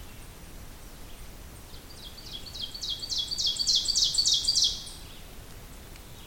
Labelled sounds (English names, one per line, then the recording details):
Ovenbird song
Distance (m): 15 m
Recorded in boreal forest in Alberta, Canada, on 2 June 2016 at 07:51
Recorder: SongMeter 3, array SBT-3-7
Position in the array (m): 189 m, 150 m
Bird 8